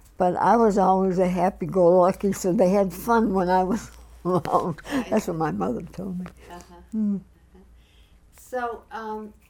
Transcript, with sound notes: But I was always a happy go lucky, so they had fun when I was around. (she laughs) That's what my mother told me.
Right. Uh-huh. So,